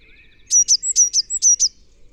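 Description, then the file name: Eurasian blue tit calling: a quick run of thin, high, sharp notes lasting just over a second, otherwise quiet. "Cyanistes caeruleus"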